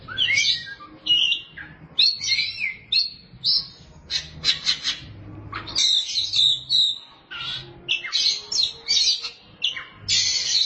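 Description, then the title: Oriental magpie-robin singing loud, varied phrases of grating rasps and sharp whistles, delivered in short bursts separated by brief pauses. "Suara Kicauan Burung Kacer Durasi Panjang"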